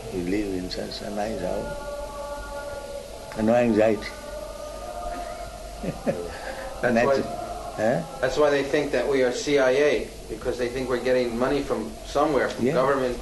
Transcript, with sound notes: You live in such a nice house. And no anxiety." [laughs]
That's why they think that we are CIA, because they think we're getting money from somewhere, from government.